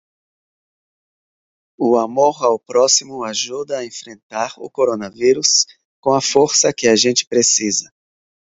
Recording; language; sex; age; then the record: spoken sentence; Brazilian Portuguese; female; 40 to 49 years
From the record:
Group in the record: control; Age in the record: 41 years